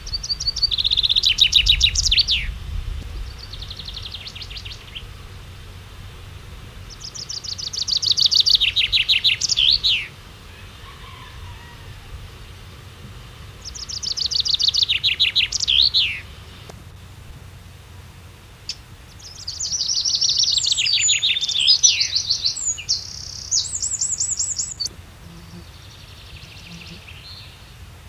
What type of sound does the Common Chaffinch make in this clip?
song